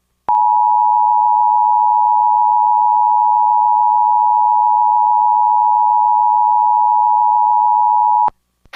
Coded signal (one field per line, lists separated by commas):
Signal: Emergency Alert System (SAME) tones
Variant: 853 and 960 Hz attention tone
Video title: EAS Mock: Test TOR before Test TOA before RWT before RMT (Requested)